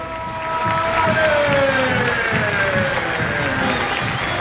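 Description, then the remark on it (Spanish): A large stadium crowd at a Gimnasia vs Talleres de Remedios de Escalada football match applauds in recognition of Juárez and his 100 matches, a steady, continuous roar with rhythmic pulses of clapping and sustained tonal chanting or singing threading through the dense wash of noise. “Y los aplausos, escuchen.”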